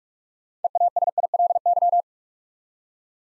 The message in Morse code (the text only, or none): EASILY